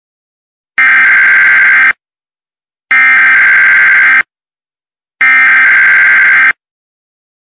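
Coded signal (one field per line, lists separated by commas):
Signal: Emergency Alert System (SAME) tones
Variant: header bursts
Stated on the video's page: Fake chemical hazard warning made for fun; never happened.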